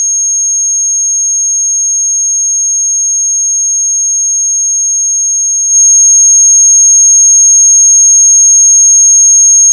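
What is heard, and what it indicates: Simulated tinnitus: a steady, high-pitched pure tone near 6 kHz that holds constant and steps up in loudness about two-thirds of the way through.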